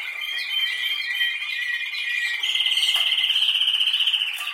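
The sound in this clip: Canary giving a continuous rolling trill that steps up to a louder, higher, sharply pulsed trill halfway through.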